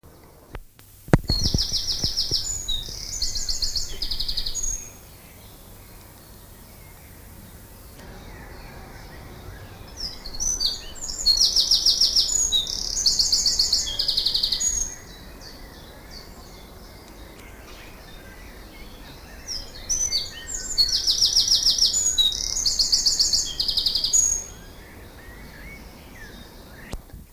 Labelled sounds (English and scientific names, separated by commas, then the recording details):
Eurasian Wren (Troglodytes troglodytes) song
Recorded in the wild
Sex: male
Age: adult
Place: Lübars (Fließtal), Berlin, DE
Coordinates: 52.6167, 13.35
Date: 2000-06-12 18:09
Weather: overcast, 24°C
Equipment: Marantz CP 430, Sennheiser ME 80, Kopie Uher 4000 Report Monitor
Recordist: Tembrock, Günter
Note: Drei Strophen